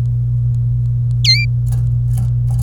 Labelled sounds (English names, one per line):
Domestic Canary song